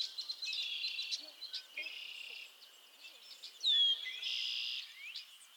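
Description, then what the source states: Frogs in chorus: overlapping buzzy trills and one loud sharp sliding whistle over a constant high-pitched chorus. Chorus of frogs calling to one another on a summer evening at Miners Marsh, Annapolis Valley, Nova Scotia.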